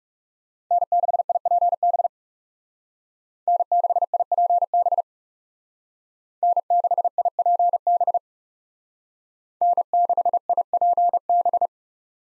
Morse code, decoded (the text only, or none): N6IPB N6IPB N6IPB N6IPB